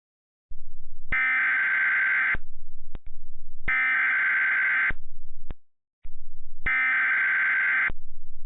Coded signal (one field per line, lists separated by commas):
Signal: Emergency Alert System (SAME) tones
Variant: header bursts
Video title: EAS Mock: Flash flooding in Tillamook.